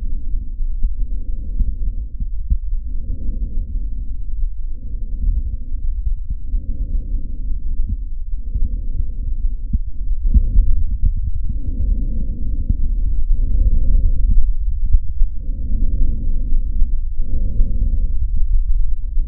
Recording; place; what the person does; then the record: lung sounds by stethoscope; trachea; quiet breathing, then deep breathing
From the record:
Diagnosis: COPD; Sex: male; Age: 80 years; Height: 171 cm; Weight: 75 kg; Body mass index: 25.6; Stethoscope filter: bell mode